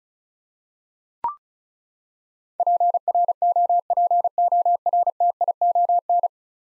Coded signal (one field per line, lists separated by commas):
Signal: Morse code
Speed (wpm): 36 wpm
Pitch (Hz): 700 Hz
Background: none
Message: PROPORTION